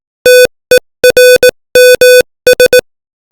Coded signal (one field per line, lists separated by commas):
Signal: Morse code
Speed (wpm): 18 wpm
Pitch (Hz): 500 Hz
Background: music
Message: TERMS